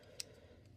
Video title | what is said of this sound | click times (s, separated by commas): Transformers Studio Series 86 Voyager Class Constructicon Scrapper Review | They will soft lock into place. So just like that, there we go. | 0.2 s